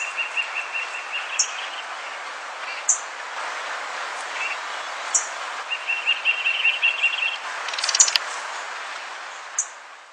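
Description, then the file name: Sinaloa wren calls, short rapid series of notes repeated in bursts, mixed with high ticks and a steady hiss of background noise. "Sinaloa Wren RThompson"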